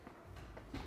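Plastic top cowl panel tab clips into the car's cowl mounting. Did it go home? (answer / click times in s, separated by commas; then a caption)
no / none. A plastic top cowl panel is handled over its mounting on a BMW M4 (F80 M3, F87 M2, F82 M4, F83 M4 Convertible) during an intercooler radiator upgrade, its tab clips on either end lined up to be pushed into the car's cowl mounting. Short sharp knocks are heard at 0.1 s and 0.6 s, then a louder low rumble builds near the end. Nothing has seated or clicked yet.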